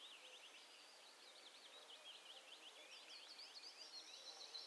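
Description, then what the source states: Willow warbler song: a steady run of quick, wavy slurred notes without pause, over faint background hiss. Subspecies acredula.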